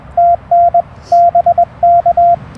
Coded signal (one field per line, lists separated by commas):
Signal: Morse code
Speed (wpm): 21 wpm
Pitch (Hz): 690 Hz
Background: radio noise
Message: TN BK